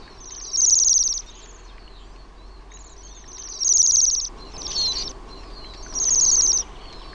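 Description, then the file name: Bohemian waxwing calls: high, ringing buzzy trills, four in a row at uneven gaps, with fainter trills from other birds between them. "TILHI"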